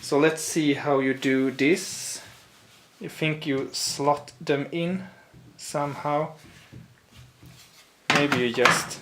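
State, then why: Not seated. A plastic toy dinosaur leg from a Mattel Super Colossal Tyrannosaurus Rex is handled and lined up with the toy's body socket before being pushed on, while someone talks. Only faint handling noise is heard between the speech. Nothing has seated or clicked yet.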